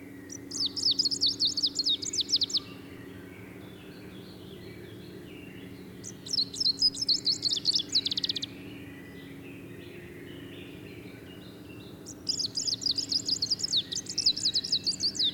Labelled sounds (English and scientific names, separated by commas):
Greenish Warbler (Phylloscopus trochiloides) song